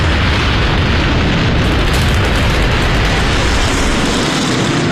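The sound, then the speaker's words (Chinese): Japanese aircraft bombing the US military base at Pearl Harbor in the Pacific: a loud, continuous roar of deep booms and rumbling blasts merging with engine drone, sustained for the whole stretch with no voices. “伴随日本飞机的轰炸声，美国宣布加入二战。”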